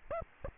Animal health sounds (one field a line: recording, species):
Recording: mosquito wingbeat signal from an infrared sensor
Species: Aedes aegypti